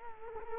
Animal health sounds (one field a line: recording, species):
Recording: mosquito wingbeat signal from an infrared sensor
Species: Culex quinquefasciatus